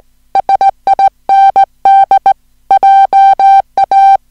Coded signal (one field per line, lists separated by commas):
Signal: Morse code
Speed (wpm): 17 wpm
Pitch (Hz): 780 Hz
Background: music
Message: SIND JA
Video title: Daedons - eine Kurzgeschichte in Morse - Teil 1 der Serie "Listen & Copy"